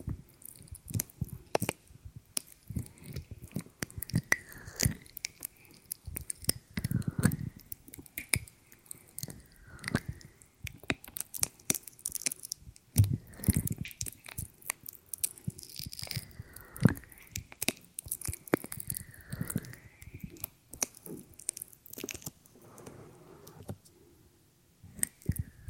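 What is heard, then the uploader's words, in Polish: Ear cleaning: a dense, irregular stream of crackles, scratches and soft squishy rustles runs through the whole stretch, with a few heavier muffled thumps near 7 and 13 seconds. A faint tone repeatedly dips and rises every couple of seconds underneath. CZYSZCZENIA USZU ASMR po polsku.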